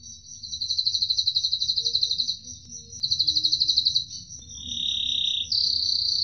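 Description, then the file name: Atlantic canary song shifting from rapid high trills to a steadier slightly lower tone, then jumping back up; faint low hum behind. Cililin-style canary song used as a fill (isian) recording for training other songbirds. "suara kenari isian cililin omkicau"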